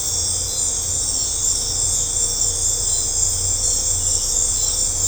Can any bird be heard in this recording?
no